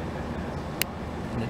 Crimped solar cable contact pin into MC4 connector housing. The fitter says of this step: it did, it popped right in there.